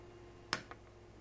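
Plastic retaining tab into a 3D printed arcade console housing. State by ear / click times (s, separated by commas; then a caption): seated / 0.5 s. A 3D-printed plastic retaining tab is pushed all the way through its slot in a 3D-printed arcade console housing and snaps into place with a sharp click at 0.5 s, followed by a fainter tick at 0.7 s. The tab is seated.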